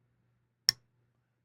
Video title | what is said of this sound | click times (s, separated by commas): Review/impressions of the Holt Bladeworks Morpheus knife… it’s 1 of my grails for many reasons! | nice and clicking no Det tent lash it's in there really really well | 0.7 s